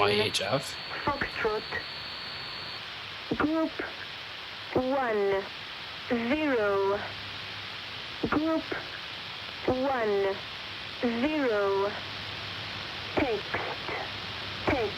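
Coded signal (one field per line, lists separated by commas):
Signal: numbers station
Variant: English, phonetic alphabet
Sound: a voice reads short words: Foxtrot, group one zero twice, text twice, over hiss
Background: radio static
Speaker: So first up we got uh what's they call this the NATO phonetic alphabet. Fox Yankee Hotel. Foxtrot. Yankee Hotel.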